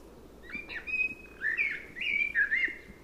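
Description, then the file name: Common blackbird song: a few softer notes, then louder mellow fluted warbles rising and falling in several phrases. "Turdus merula"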